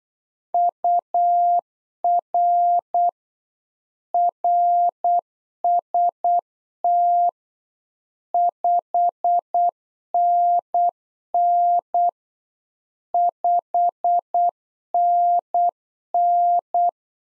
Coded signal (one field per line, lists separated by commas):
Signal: Morse code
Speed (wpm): 8 wpm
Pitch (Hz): 700 Hz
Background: none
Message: UR RST 5NN 5NN